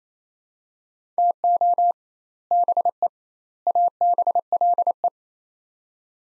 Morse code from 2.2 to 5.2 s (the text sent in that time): BE ABLE